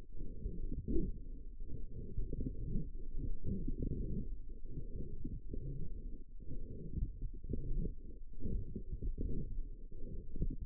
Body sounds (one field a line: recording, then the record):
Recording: forearm muscle sounds (acoustic myography)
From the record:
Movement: forearm pronation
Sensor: system 1, eight BSWA MPA416 microphones around the upper forearm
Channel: 8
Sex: female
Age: 21 years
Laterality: right